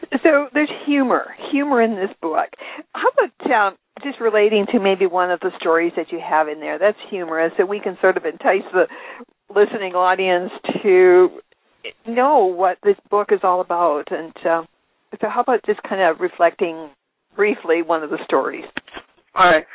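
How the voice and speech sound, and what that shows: An adult woman, the host of a radio interview, speaks clearly and fluently at an easy conversational pace over a narrow, phone-like line; speech is normal.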